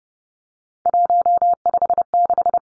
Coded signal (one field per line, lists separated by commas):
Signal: Morse code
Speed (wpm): 30 wpm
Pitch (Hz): 700 Hz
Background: none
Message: 156